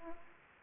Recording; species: mosquito wingbeat signal from an infrared sensor; Aedes aegypti